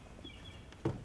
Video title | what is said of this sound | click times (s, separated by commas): Hobie Mirage Pro Angler - Accessories - GetREELed | and simply you just insert it, just push the little spring-loaded pin down, and it just pops into place like that, | 0.7 s, 0.9 s